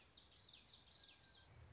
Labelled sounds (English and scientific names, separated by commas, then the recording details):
Common Yellowthroat (Geothlypis trichas)
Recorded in Sonoma County, California